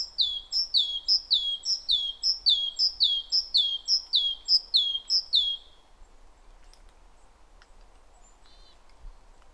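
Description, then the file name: Great tit song: a fast run of high two-note phrases repeated about twice per second for six seconds, then quiet background. "Parus major"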